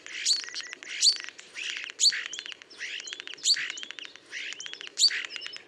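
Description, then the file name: Common starling song: dense, chattering medley of clicks, rattling bursts and short whistled notes, with louder squeaky phrases at uneven intervals and a faint hiss behind. "Storno"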